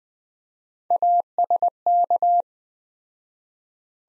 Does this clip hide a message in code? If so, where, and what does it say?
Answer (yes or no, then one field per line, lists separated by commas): yes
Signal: Morse code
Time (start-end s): 0.9-2.4 s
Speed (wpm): 20 wpm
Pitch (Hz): 700 Hz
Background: none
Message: ASK